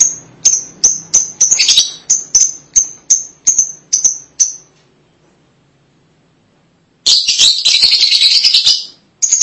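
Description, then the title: Lovebird calls, a series of sharp high chirps about three a second, then silence and a burst of harsh rapid chattering. "BM Suara Burung Lovebird"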